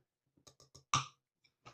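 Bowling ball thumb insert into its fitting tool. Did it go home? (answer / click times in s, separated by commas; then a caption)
yes / 0.9 s. A brand-new thumb insert for a bowling ball is pressed home in its fitting tool, with a few soft scraping taps leading up to it. It snaps in with a loud, sharp click at 0.9 s, pronounced because the insert is new, followed by a couple of faint taps. The insert is seated.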